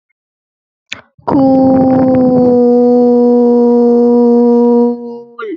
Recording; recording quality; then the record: sustained vowel as in boot; excellent, no background noise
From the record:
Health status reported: healthy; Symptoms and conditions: none ticked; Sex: female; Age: 22 years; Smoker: not ticked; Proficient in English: yes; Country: India